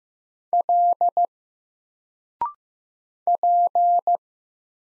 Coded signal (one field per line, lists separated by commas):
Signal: Morse code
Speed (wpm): 15 wpm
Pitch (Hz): 700 Hz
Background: none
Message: L P